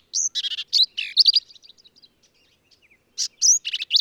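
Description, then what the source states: Black-capped vireo pouring out a rapid jumble of varied phrases, squeaky, burry and slurred notes, a brief lull, then another lively burst. Male singing; endangered (U.S. Fish and Wildlife Service); phrases sung alone, truncated, embellished or run together, lively and emphatic; Kerr Wildlife Management Area, Hunt, Texas hill country.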